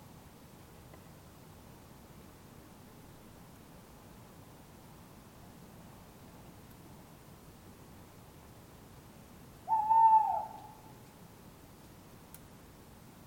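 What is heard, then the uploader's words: A tawny owl gives a single call around the ten-second mark, a short, clear mid-pitched cry lasting about a second. The rest is a still night with a steady low urban rumble and a faint tick near the end. Urban Tawny Owls. Recorded with Sony D100 out the bedroom window. Couple of Tawny Owls calling, Surrey, England.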